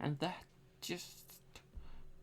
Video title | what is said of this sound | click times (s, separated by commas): Build the Eleanor by Eaglemoss - Issue 2 - Kits 3-6 | that just clicks into place like that. | 1.6 s